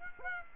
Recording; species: mosquito wingbeat signal from an infrared sensor; Aedes aegypti